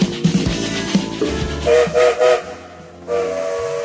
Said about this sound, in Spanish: Sonó el silbato y el tren se pone en marcha.